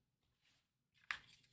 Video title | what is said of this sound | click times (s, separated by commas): Fanhome 1:3 Scale Robocop part 44 | check that you can return the front cover to the previous position so that the pin snaps back into the hole | 1.1 s